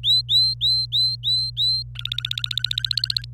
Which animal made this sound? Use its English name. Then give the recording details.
Domestic Canary. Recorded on 26 April 2018 at 06:11. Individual llb3